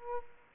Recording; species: mosquito wingbeat signal from an infrared sensor; Aedes aegypti